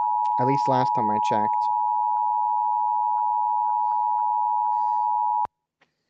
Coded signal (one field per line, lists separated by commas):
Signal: Emergency Alert System (SAME) tones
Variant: 853 and 960 Hz attention tone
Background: speech